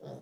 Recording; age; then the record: pig call; piglet (1 to 25 days)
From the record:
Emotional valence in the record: negative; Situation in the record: short isolation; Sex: female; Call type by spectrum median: low-frequency call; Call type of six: low-frequency stable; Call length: 0.22 s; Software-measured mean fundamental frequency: 65 Hz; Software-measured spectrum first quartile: 192 Hz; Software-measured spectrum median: 406 Hz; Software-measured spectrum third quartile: 631 Hz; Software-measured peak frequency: 447 Hz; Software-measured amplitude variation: 93 dB a second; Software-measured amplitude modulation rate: 25.2 a second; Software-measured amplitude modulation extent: 3.7 dB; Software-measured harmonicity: -0.1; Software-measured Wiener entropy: 0.10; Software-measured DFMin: 996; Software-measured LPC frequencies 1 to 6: 554, 1606, 3423, 5205, 6037, 7811 Hz